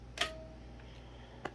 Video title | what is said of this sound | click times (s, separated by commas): Miele Dynamic U1/S7 Twist In-Depth Vacuum Review | and then you have to twist it back up until it latches back into place and you'll hear the click | 1.5 s